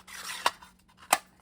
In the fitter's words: Goes right back in. Snaps in place.